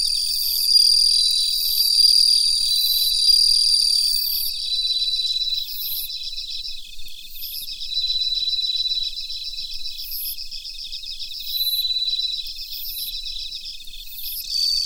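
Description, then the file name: Bell cricket song with regular rising rings, alternating with stretches of rapid beaded trilling and a sustained piping tone, all within a continuous insect chorus. "Suzumushi Mitsukado"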